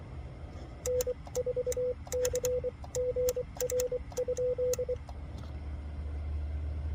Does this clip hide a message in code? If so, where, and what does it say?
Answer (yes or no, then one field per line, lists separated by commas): yes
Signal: Morse code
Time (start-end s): 0.9-4.9 s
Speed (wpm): 24 wpm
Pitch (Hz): 500 Hz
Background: none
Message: N4CGR?